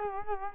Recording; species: mosquito wingbeat signal from an infrared sensor; Culex quinquefasciatus